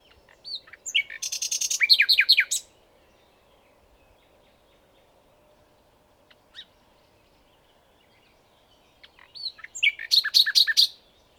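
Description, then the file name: Common nightingale song: two dense phrases of fast, harsh, sweeping notes about eight seconds apart, with a single short note in the quiet gap between them. "Luscinia megarhynchos"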